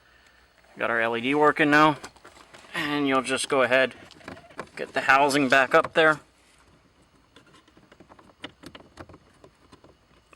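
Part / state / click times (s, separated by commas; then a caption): plastic interior light housing into trim opening / not seated / none. Someone talks while the plastic interior light housing of an Audi A4 B6/B7, now fitted with a working LED, is held up and lined up with its trim opening. Faint, light handling taps and ticks follow from about 7.4 to 8.8 seconds. Nothing has seated or clicked into place yet.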